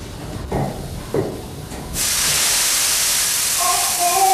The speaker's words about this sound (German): Mein Gott. Mein Gott, ein Dampfrohr ist geplatzt.